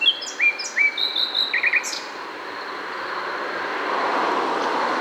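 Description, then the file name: Common nightingale singing a brief phrase of quick whistled notes and short trills, then a swelling background rumble, perhaps passing traffic. "Luscinia megarhynchos"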